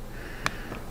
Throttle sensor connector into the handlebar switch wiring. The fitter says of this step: and plug it in listen for that click make sure it's all the way engaged once we get this on here